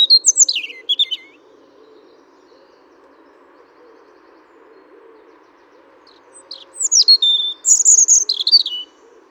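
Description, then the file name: European robin song: thin, high tinkling phrases that fall and flicker, then a long quiet pause before a second burst of sweeping, warbled notes, over a faint low hum. "Erithacus rubecula"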